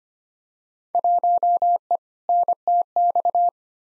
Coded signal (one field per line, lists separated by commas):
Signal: Morse code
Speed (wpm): 25 wpm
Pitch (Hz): 700 Hz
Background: none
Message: 1E NTX